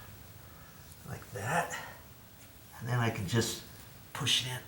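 Someone talks while holding a small plastic drip irrigation coupling with pliers and lining it up close to the irrigation tubing, ready to push it in. Between the bursts of speech there is only a quiet, steady background. Nothing has snapped or seated yet.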